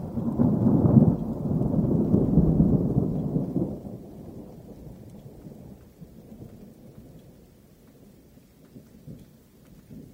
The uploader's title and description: Rolling Thunderstorm. The distant rumble of thunder and the patter of raindrops